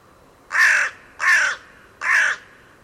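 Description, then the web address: Bird calls: three harsh, hoarse caws, evenly spaced with short quiet gaps between them. Calls rendered as "Co Co Co Co". "cianscape birddata Deverinetal 2025 Bird Only Co Co Co Co"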